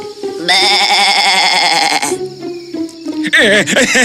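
A goat bleats loudly in a long, quavering, nasal cry, followed after a short pause by a second, shorter warbling bleat.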